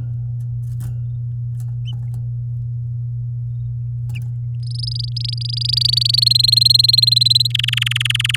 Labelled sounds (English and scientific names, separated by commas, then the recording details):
Domestic Canary (Serinus canaria) song
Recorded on 9 May 2018 at 10:53
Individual llb16